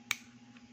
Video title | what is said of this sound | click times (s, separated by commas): EC 21015.1R Hi Capa -- Order Review -- COD Free Shipping within Metro Manila | Yan, nakalock yung slide. | 0.1 s